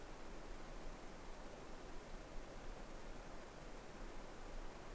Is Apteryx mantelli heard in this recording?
no